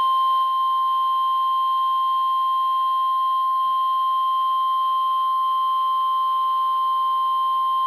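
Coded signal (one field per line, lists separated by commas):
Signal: Emergency Alert System (SAME) tones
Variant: 1050 Hz attention tone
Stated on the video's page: NOAA Weather Radio Required Weekly Test.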